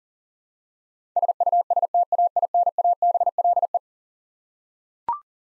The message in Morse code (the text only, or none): SUSTAINABLE